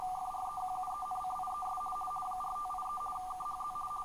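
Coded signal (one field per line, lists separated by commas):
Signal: RTTY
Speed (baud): 50 baud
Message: FREQUENCIES 4583 KHZ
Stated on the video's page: RTTY marine weather bulletins from Hamburg weather service, received by software and via web SDR.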